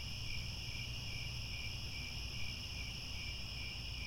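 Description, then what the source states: Crickets trilling together, a continuous high, slightly pulsing chirr with faint low-frequency rumble behind. Chorus of crickets chirping at twilight.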